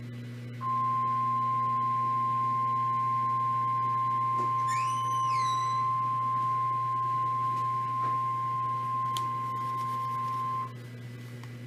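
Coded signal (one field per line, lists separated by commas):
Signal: Emergency Alert System (SAME) tones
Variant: 1050 Hz attention tone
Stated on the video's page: Tornado watch from the Storm Prediction Center on a weather radio transmitter.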